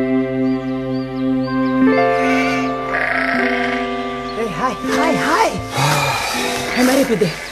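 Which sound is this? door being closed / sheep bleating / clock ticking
sheep bleating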